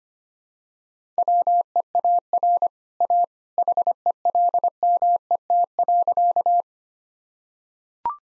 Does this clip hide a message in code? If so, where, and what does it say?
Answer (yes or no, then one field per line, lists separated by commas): yes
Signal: Morse code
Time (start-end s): 1.2-6.6 s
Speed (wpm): 25 wpm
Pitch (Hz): 700 Hz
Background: none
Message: WEAR A HELMET.